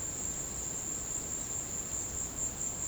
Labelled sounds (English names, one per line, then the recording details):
none
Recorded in secondary vegetation near Puerto Asís, Putumayo, Colombia, on 18 December 2024 at 15:30
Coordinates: 0.489, -76.322
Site G059